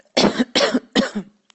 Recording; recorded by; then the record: voluntary cough; messaging app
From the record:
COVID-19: negative